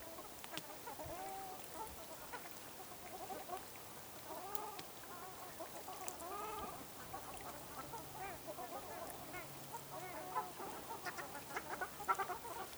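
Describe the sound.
Ruddy shelducks giving soft nasal honks, clearest in a cluster near the middle, with scattered fainter calls later.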